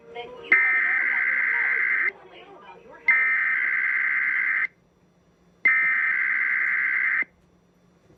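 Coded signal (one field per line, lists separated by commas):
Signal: Emergency Alert System (SAME) tones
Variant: header bursts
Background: speech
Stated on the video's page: Required weekly test broadcast on a radio station.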